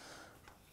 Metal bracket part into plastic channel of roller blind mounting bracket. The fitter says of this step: channel here the metal comes through and you push it until it clicks into position so